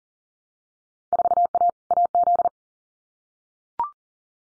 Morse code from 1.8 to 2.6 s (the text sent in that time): AZ